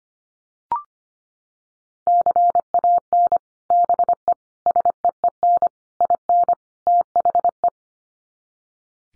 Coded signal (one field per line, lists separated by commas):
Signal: Morse code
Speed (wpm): 25 wpm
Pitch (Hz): 700 Hz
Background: none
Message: CAN BE SEEN IN THE